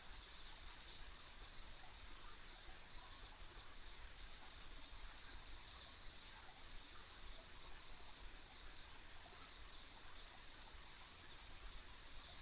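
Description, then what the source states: Insect sounds form a dense, constant high trill with scattered brighter chirps, accompanied by a low steady rumble. Ambient insect sounds recorded on a rural country road.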